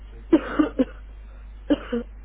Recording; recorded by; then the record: voluntary cough; telephone call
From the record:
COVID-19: positive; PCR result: checked with the laboratory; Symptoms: no